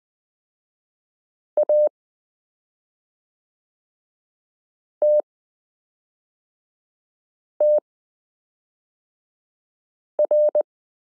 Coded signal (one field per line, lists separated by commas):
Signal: Morse code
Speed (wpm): 20 wpm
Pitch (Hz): 600 Hz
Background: none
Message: ATTR